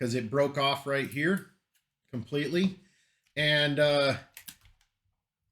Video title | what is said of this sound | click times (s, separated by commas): Drone Failed While Out Bashing the RCs - S01E055 | some of the arms seem to work this one doesn't lock in | none